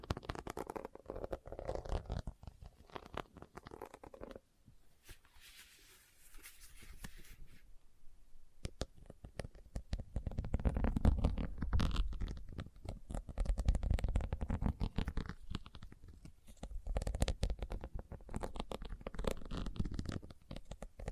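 Fingers tap and scratch on leather in quick, dense bursts of dull knocks and rough scraping, mostly low and thick. Around five to seven and a half seconds the tapping stops and a brighter, hissing scratch takes over before the heavy tapping resumes and continues to the end.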